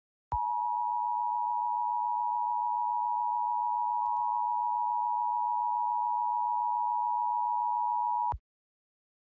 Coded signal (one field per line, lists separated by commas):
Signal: Emergency Alert System (SAME) tones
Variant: 853 and 960 Hz attention tone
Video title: Emergency Alert System EAS #2: Required Monthly Test - WTHR-TV 13Sunrise/News (6/17/2021)